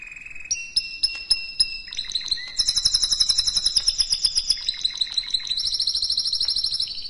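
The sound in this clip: Canary song opening with sharp repeated chips, then rapid buzzy rolled trills that shift up and down in pitch without pause.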